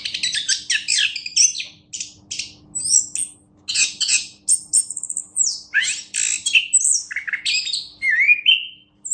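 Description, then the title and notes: Orange-headed thrush singing rapidly, harsh scratchy notes mixed with clear descending and rising whistles, nearly continuous throughout, with a steady faint low hum. Orange-headed thrush singing, described as a national champion songbird. "Anis Kembang Juara Nasional. kicau anis kembang"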